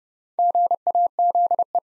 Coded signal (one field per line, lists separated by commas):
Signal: Morse code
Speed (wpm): 30 wpm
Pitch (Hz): 700 Hz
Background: none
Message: GAZE